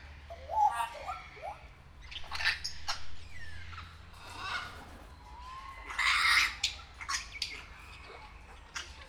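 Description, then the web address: Grey parrot with a short whistled phrase at the start, then several loud, harsh squawks and noisy bursts, over a low background hum. Captive grey parrot in a zoo in Nyíregyháza, 2019. "jako papagaj hosszabban nyiregyhaza"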